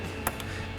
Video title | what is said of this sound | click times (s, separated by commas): 2019-2024 Sierra 1500 DRL LED Tail Lights; Black Housing Review & Install | Make sure that snaps into place, then push your red safety tab back in. | 0.3 s